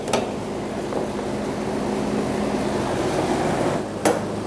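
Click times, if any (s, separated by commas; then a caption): 4.1 s. On a 1999–2025 Ford E-350 Super Duty 5.4L V8, a fuel line quick-connect fitting is pushed onto its nipple on the fuel tank over a steady low hum, with a sharp knock at 0.1 s and a softer one at 0.9 s. A sharp click at 4.1 s marks the connector snapping home, confirmed seated.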